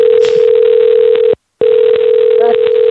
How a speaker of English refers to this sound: Crackling ringing, Bran.